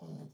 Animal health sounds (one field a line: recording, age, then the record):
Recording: pig call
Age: piglet (1 to 25 days)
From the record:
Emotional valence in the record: negative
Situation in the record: short isolation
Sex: female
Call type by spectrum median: low-frequency call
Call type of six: low-frequency modulated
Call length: 0.34 s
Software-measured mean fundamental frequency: 51 Hz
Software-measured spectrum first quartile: 162 Hz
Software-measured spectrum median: 234 Hz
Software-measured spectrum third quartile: 531 Hz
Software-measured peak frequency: 167 Hz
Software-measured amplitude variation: 156 dB a second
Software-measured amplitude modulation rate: 19.0 a second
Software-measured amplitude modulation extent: 8.2 dB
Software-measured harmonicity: 2.8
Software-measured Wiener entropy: 0.21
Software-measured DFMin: 1338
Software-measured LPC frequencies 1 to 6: 3195, 4253, 5062, 5666, 6526, 7267 Hz